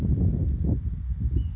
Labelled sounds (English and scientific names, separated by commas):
Ash-throated Flycatcher (Myiarchus cinerascens)